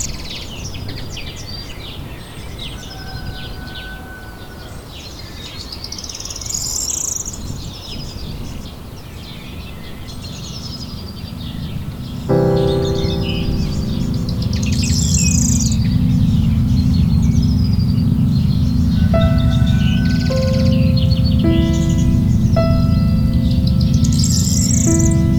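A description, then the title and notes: Birds chirp and twitter throughout over a steady low rumble of outdoor noise. Around twelve seconds, held piano notes enter and the low hum thickens, and from about nineteen seconds new piano chords sound every couple of seconds beneath the continuing birdsong. Relaxing Nature Sounds with Piano.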